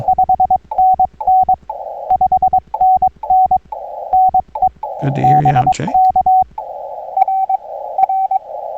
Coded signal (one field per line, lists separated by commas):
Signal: Morse code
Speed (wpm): 22 wpm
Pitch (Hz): 750 Hz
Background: radio noise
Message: 5NN 5NN NE BK R R